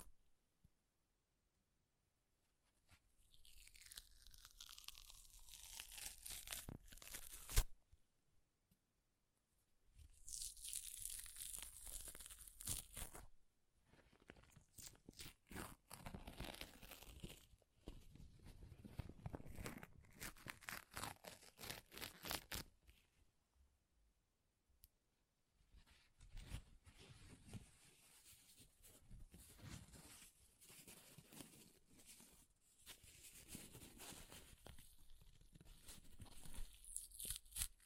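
Paper is ripped and torn in several separate bursts, each a few seconds long, with short silent gaps between them. The tearing is dry, rough and bright, full of quick crackling snaps, and it grows busier and louder toward the end.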